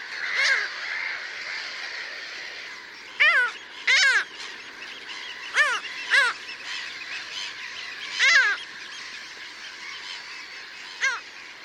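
Bird giving nasal, honking notes, several over about twelve seconds, over a steady background hiss.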